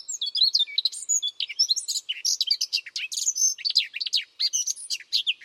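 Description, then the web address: Bird song, a steady rush of high chirps, twitters and short whistled slurs filling the whole stretch. "birddata Deverinetal 2025 File origin Bird Only"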